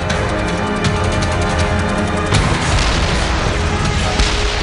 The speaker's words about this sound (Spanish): Una mina alemana destruye un semioruga.